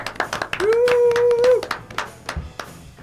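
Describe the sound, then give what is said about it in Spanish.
Several people clap their hands in quick, uneven bursts to thank the programme's technicians, and a steady held vocal whoop rises over the clapping for about a second before fading out. “No vienen por parte de los técnicos, así que quería dedicarles un aplauso.”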